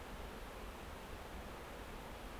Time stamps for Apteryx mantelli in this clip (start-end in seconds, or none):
none